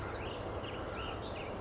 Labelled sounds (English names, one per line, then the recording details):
Ash-throated Flycatcher
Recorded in Sonoma County, California